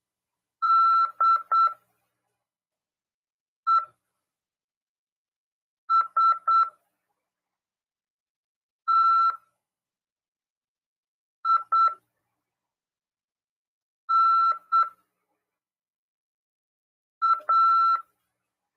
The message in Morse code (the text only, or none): DESTINA